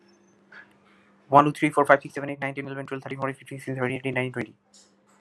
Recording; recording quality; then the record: counting at a fast pace; moderate, slight background noise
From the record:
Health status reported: respiratory illness, not identified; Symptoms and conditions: cough, asthma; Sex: male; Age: 22 years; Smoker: yes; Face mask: not worn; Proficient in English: yes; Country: India